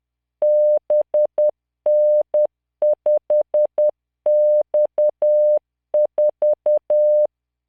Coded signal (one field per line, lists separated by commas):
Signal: Morse code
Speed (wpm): 10 wpm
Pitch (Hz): 600 Hz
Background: none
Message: BN5X4